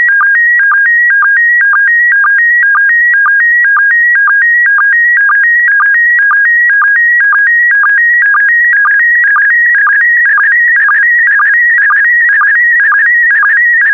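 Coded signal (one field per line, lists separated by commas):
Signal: SSTV (slow-scan television)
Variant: PD120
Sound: steady warbling tone stepping between two pitches, with short low chirps twice a second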